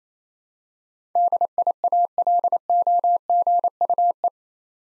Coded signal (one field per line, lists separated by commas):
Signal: Morse code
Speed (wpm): 27 wpm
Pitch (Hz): 700 Hz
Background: none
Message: DIALOGUE